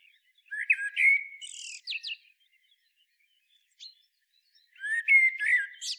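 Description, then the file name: Common blackbird song: a warbled phrase with high chattering notes, a silent stretch, then another fluty phrase beginning near the end. "Turdus merula"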